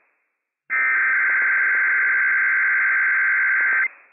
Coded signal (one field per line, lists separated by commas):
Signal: Emergency Alert System (SAME) tones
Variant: header bursts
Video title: Inland Northwest Required Weekly Test - WWF56 - EAS #260 - 4:09 PM PDT 8/31/22